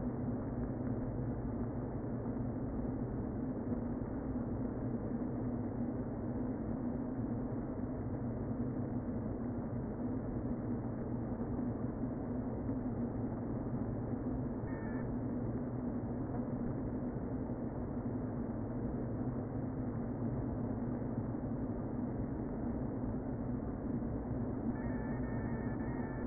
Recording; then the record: honeybee colony, microphone inside the hive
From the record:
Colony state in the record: queen present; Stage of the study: before two queens were removed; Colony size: about 60,000 bees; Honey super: yes